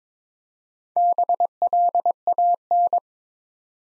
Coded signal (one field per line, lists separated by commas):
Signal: Morse code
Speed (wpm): 23 wpm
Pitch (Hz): 700 Hz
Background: none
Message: BLAN